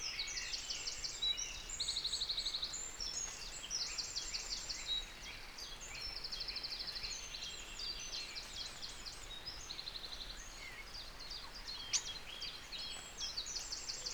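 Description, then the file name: Eurasian wren song: repeated rapid high trills mixed with sharp twittering phrases over constant background hiss. "Troglodytes troglodytes"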